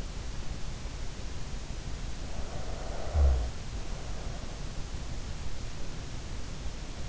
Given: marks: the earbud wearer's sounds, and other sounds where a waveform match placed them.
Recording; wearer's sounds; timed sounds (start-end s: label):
sounds in sleep by an in-ear microphone; snoring breath
2.23-4.69 s: snoring breath